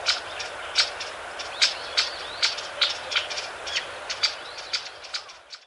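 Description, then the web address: Pale thrush calls: sharp, dry ticking notes repeated at uneven intervals. Recorded in Taiwan. "白腹鶇"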